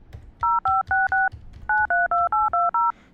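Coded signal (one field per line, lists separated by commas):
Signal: DTMF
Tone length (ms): 190 ms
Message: 056 932820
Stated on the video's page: Dial tone timing and caller ID settings on an IP PBX.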